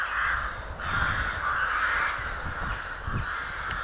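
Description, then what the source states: Rooks cawing from a colony, harsh overlapping calls forming a steady chorus. Rook colony during nesting, growing calmer later in the day; they lay about 3 to 5 eggs.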